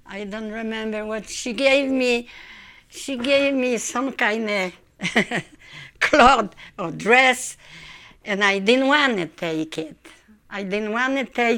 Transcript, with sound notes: I don't remember what, she gave me, she gave me some kind of ( she laughs ) cloth or dress, and I didn't want to take it. I didn't want to take it.